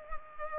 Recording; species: mosquito wingbeat signal from an infrared sensor; Culex pipiens